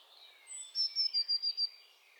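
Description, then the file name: Eurasian blue tit giving a high, thin note broken into six rapid pulses, with a fainter whistle above and low hiss throughout. "Cyanistes caeruleus"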